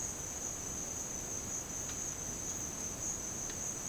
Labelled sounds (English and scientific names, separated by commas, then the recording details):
none
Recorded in dense forest near Puerto Asís, Putumayo, Colombia, on 13 March 2025 at 11:30
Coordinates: 0.500, -76.322
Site GP06